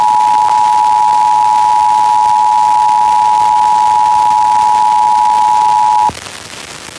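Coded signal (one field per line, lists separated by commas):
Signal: Emergency Alert System (SAME) tones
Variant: 853 and 960 Hz attention tone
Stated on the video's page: IPAWS weekly test relayed by an FM station at 105.9.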